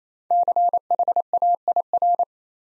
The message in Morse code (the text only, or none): CHAIR